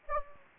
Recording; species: mosquito wingbeat signal from an infrared sensor; Anopheles gambiae